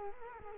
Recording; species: mosquito wingbeat signal from an infrared sensor; Culex quinquefasciatus